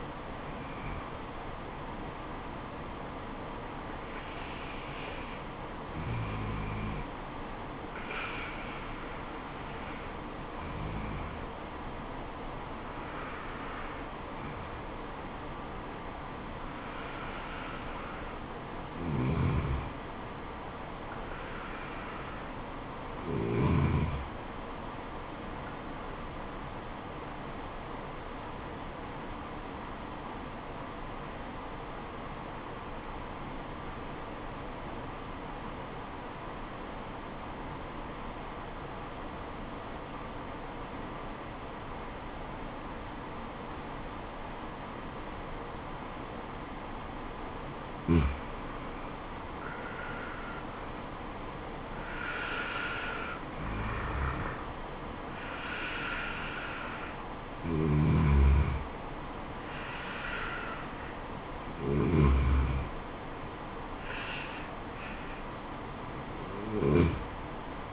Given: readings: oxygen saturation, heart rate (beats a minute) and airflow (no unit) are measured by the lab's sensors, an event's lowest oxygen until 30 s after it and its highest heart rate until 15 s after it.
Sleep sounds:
breathing in sleep by a voice recorder at the bedside; 1
13.00-67.93 s: new sleep stage, N2 (light sleep)
30.00-49.20 s: obstructive apnea (N2, oxygen 97% highest, then 86% lowest, heart rate 75 at the start, 77 highest)
From the record:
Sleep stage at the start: N1 (lightest sleep); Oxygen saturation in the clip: 86 to 97%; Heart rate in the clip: 69 to 80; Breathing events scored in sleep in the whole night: 426 in 7.4 hours asleep

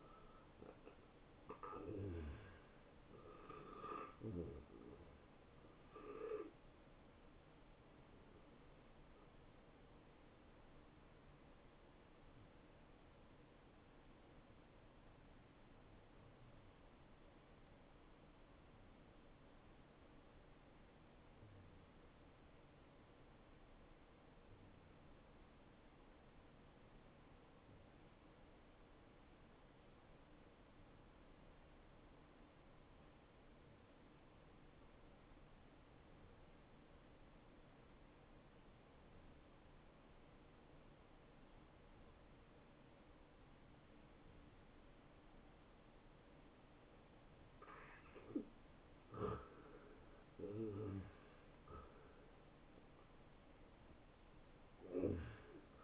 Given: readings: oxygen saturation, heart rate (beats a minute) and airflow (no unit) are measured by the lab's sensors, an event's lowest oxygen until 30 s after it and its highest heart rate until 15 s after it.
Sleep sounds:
breathing in sleep by a voice recorder at the bedside; 1
11.00-48.10 s: hypopnea (N1, oxygen 94% highest, then 84% lowest)
From the record:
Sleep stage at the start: N1 (lightest sleep); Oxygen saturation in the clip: 81 to 94%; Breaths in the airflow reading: 5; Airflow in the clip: -24.5 to 10.9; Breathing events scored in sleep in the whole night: 263 in 5.5 hours asleep

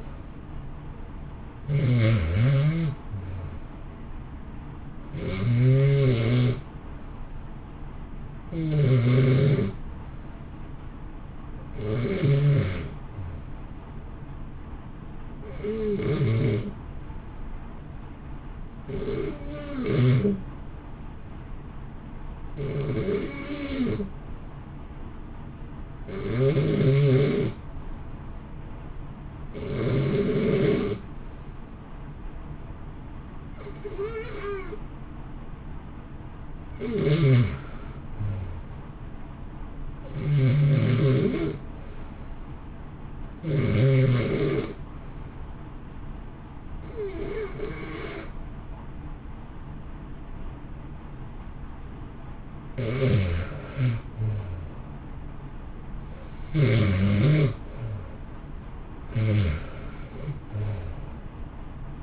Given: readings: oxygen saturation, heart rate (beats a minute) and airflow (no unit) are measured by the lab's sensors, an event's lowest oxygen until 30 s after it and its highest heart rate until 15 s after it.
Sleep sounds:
breathing in sleep by a smartphone at the bedside; 2
7.00-17.90 s: hypopnea (REM, oxygen 94% highest, then 90% lowest, heart rate 62 at the start, 62 highest)
32.00-54.00 s: hypopnea (REM, oxygen 94% highest, then 88% lowest, heart rate 59 at the start, 66 highest)
From the record:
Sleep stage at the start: REM sleep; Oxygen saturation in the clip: 90 to 94%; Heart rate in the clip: 57 to 66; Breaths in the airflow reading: 21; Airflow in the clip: -1.2 to 1.6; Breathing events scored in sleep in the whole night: 328 in 6.3 hours asleep

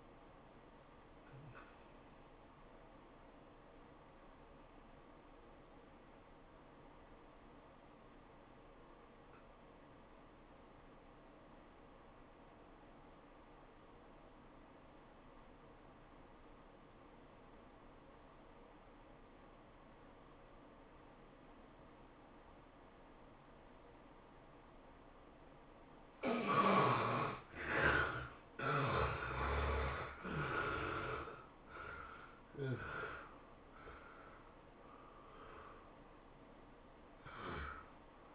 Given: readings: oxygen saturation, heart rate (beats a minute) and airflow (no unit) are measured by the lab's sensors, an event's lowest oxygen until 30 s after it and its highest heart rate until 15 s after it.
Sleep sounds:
breathing in sleep by a voice recorder at the bedside; 1
3.00-25.70 s: obstructive apnea (N1, oxygen 96% highest, then 68% lowest, heart rate 102 at the start, 107 highest)
From the record:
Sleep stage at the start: N1 (lightest sleep); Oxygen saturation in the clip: 72 to 96%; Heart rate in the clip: 71 to 107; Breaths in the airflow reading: 6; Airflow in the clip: -14.6 to 16.2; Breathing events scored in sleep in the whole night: 403 in 5.5 hours asleep

